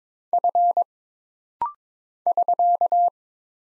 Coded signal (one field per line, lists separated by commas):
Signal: Morse code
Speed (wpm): 22 wpm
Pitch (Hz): 700 Hz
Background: none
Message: F <SK>